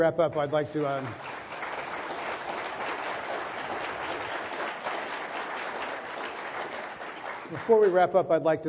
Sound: applause